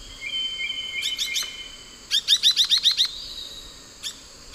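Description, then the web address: Rufous-bellied euphonia calls and song: a brief group of high notes, then a fast, even series of about seven bright clipped notes, followed by two single chips. Calls and song of two to three birds, eastern lowlands of South America. "Nature Songs S America Eastern Lowlands. Euphonia rufiventris, calls and song 2-3 birds"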